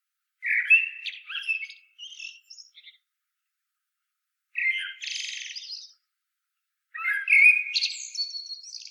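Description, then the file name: Common blackbird singing three phrases, each opening with a low rich whistle and finishing in a squeaky, buzzy high flourish, with pauses between them. "Turdus merula"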